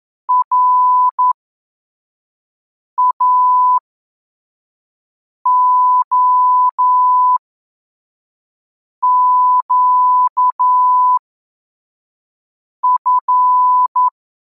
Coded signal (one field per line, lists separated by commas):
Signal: Morse code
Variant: Russian alphabet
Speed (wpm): 11 wpm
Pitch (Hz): 1000 Hz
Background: none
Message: РАОЩФ